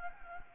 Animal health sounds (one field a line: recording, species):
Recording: mosquito wingbeat signal from an infrared sensor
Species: Anopheles gambiae